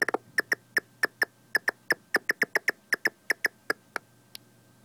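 Big brown bat calls: crisp, separate clicky chirps, about five a second, slowing and stopping near the end over a quiet background.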